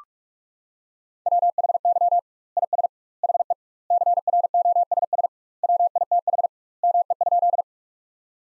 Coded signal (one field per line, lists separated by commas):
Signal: Morse code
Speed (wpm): 46 wpm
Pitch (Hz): 700 Hz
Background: none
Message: WHY IS HE CROSS WITH ME?